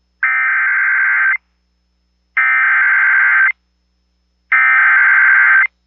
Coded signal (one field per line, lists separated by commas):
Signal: Emergency Alert System (SAME) tones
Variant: header bursts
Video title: EAS Capture #3: Severe Thunderstorm￼ Warning on The Blizzard 103.9 FM